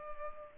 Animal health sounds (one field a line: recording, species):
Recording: mosquito wingbeat signal from an infrared sensor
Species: Culex pipiens